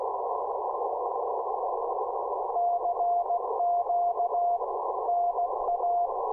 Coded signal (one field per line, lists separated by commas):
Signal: Morse code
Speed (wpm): 16 wpm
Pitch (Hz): 700 Hz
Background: none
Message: CQ NA